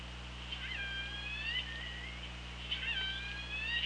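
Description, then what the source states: Killer whale pulsed calls, two harmonic-rich notes that sweep and level off, one near the start and one near the end, over steady low underwater hum. OrcaLab hydrophone recording, 24 August 2017, 17:35.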